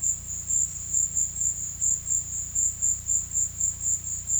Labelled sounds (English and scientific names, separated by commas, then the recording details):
none
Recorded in pastures near Puerto Asís, Putumayo, Colombia, on 18 December 2024 at 16:00
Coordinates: 0.472, -76.331
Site GP02